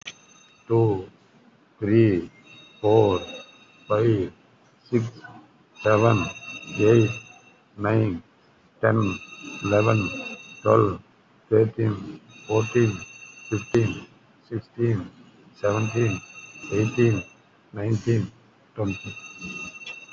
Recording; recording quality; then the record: counting at a normal pace; excellent, no background noise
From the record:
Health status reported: COVID-19 positive, moderate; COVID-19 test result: positive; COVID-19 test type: RT-PCR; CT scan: taken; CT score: 5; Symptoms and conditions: cough, cold, breathing difficulty, sore throat, fever, fatigue, muscle pain, loss of smell and taste, pneumonia, another condition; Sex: male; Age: 60 years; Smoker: yes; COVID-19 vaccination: none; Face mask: worn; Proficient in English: yes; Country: India